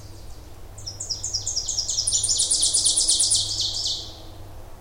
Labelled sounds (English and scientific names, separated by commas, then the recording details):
Ovenbird (Seiurus aurocapilla) song
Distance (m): 20 m
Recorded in boreal forest in Alberta, Canada, on 26 May 2016 at 08:13
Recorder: SongMeter 3, array SBT-3-15
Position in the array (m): 53 m, 223 m
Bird 20